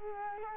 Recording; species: mosquito wingbeat signal from an infrared sensor; Culex quinquefasciatus